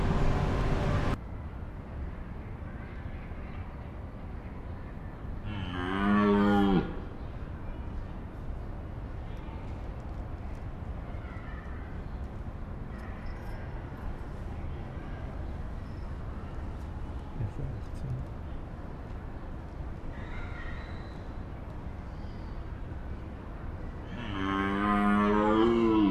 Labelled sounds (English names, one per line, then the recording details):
Red Deer roaring
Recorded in captivity
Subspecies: elaphus
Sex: male
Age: adult
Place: Tierpark Berlin, Berlin, DE
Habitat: zoo
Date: 2001-09-27 11:10
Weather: cloudy, 10°C
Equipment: Tascam DA-P1, Sennheiser MKH 70
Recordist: Frommolt, Karl-Heinz